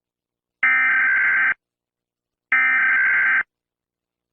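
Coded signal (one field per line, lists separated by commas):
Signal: Emergency Alert System (SAME) tones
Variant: header bursts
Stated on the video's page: Mock EAS alert, not a real broadcast.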